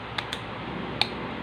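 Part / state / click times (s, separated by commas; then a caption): plastic wing flap onto the pegs of the figure's body section / seated / 1.0 s. A plastic wing flap on a transforming figure is angled and pushed so its holes peg onto the body section. Two light ticks at 0.2 s and 0.3 s are followed by a sharp, louder snap at 1.0 s as the flap seats onto the pegs. It is confirmed as seated.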